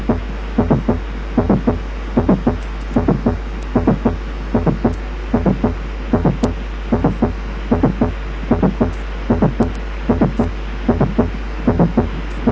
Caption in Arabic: ده كليك لانه كليكي بيطلع وجاي بعد الفرسانت، انما مش ايجكشن،. انما جاي في وسط السيستلي، عشان. كده اسمه ميد سيستوليك كليك، وده بيتواجد في حالات البرولابس اوف دي ميترال فالف.